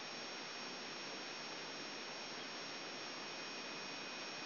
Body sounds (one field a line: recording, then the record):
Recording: brain microelectrode recording played as sound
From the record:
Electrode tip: outside the subthalamic nucleus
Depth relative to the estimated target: -6 mm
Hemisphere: left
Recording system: AlphaMap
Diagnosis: Parkinson's disease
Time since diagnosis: 7 years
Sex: male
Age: 59 years